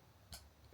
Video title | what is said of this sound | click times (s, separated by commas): ClockworkPi uConsole unboxing, assembly + overview - is this handheld Raspberry Pi device useful?? | press it in oh wait there we go hear that click | 0.3 s